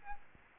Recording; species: mosquito wingbeat signal from an infrared sensor; Aedes albopictus